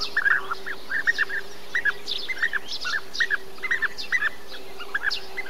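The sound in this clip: Bee-eater calls: clear rolling notes in pairs and short series, with a faint low hum.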